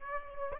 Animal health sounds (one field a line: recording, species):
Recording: mosquito wingbeat signal from an infrared sensor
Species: Aedes aegypti